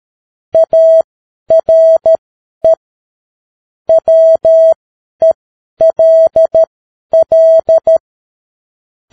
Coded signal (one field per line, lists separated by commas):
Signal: Morse code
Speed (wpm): 13 wpm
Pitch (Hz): 650 Hz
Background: none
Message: ARE WELL